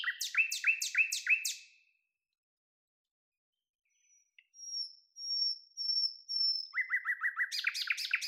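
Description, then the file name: Common nightingale song: a string of loud repeated notes, a pause, then a series of thin pure whistles leading into fast rhythmic notes. "Luscinia megarhynchos"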